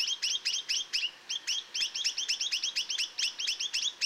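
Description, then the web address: Chinese nuthatch calling in quick runs of short notes, repeated rapidly and unevenly. "Chinese nuthatch. صدای-پرنده-کمرکولی-چینی"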